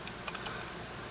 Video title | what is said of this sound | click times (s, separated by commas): Schneider Base Fountain Pen Review | we close it makes a nice snap | 0.3 s